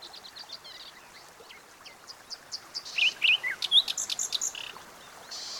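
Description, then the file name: Common nightingale song with sharp rising whistles and a burst of fast buzzy, stuttering notes over a steady hiss. "Luscinia megarhynchos"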